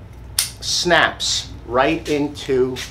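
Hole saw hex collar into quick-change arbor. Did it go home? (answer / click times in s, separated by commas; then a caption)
yes / 0.4 s. A 1-3/4 inch hole saw with a hex collar is pushed onto a quick-change arbor and snaps into place with one sharp click at 0.4 s. Someone talks before and after the click. The hole saw is seated on the arbor.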